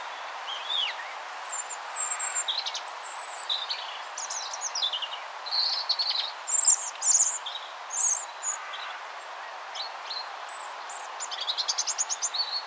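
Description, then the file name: European robin song: busy, high, tinkling phrases of varied notes, ending with a fast repeated trill, over a faint steady background hiss. "Erithacus rubecula"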